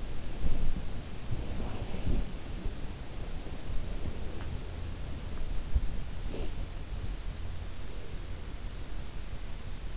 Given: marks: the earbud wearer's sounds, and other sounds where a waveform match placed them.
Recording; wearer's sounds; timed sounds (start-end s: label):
sounds in sleep by an in-ear microphone; body movement
0.00-7.80 s: body movement